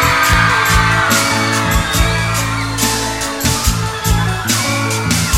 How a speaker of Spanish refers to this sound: Y el grito de las chicas.